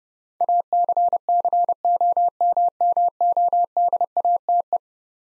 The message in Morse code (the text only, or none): ACCOMMODATE